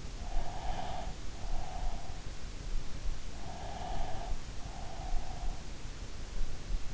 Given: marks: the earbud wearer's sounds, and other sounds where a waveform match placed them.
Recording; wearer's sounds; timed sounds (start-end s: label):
sounds in sleep by an in-ear microphone; breath
0.15-2.25 s: breath
3.68-6.01 s: breath